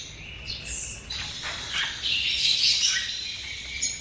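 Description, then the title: Bird song, a dense continuous jumble of high twittering and whistled notes, swelling in loudness midway, over a constant hiss. Masteran, training songs for cage birds. "Masteran Burung"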